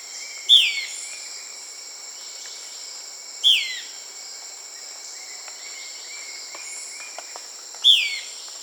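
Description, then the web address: Euler's flycatcher calling: a sharp, downslurred single note repeated a few times, several seconds apart, over a steady high buzzing of insects. Peru. "Birds of the Amazon 3. Euler's Flycatcher (Lathrotriccus euleri), Peru"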